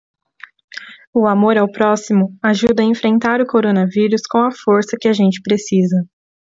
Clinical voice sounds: spoken sentence; Brazilian Portuguese; female; 20 to 29 years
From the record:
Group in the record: control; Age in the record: 21 years

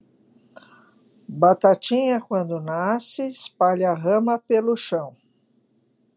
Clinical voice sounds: short text; Brazilian Portuguese; female; 60 to 69 years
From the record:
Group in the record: control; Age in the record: 66 years

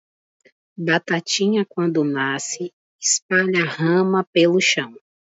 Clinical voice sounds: short text; Brazilian Portuguese; female; 30 to 39 years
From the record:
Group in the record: control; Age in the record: 32 years

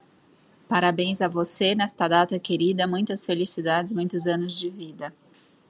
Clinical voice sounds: short text; Brazilian Portuguese; female; 40 to 49 years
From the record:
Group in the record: control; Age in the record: 45 years

